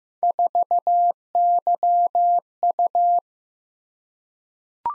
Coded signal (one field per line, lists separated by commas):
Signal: Morse code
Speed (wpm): 15 wpm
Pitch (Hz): 700 Hz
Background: none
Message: 4YU